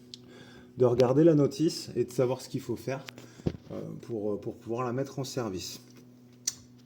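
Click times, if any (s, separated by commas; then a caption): 6.5 s. Someone talks while a cover or door on a desktop CNC milling machine (Makera Z1) is closed after looking at the manual. The cover's latch clicks shut with a small, sharp click at 6.5 s, seating it.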